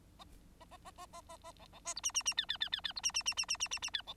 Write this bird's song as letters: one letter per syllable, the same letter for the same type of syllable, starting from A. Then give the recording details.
A A A A A A A B B C D E E E F F F F F D E E E E E E E E F B. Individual Bird9